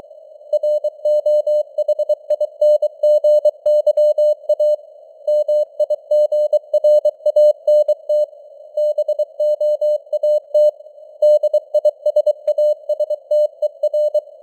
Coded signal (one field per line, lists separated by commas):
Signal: Morse code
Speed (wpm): 23 wpm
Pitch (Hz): 600 Hz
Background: none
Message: ROHINGYA MIGRANT BOAT DISASTER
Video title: Morse Code News | 2025-11-10 | 23wpm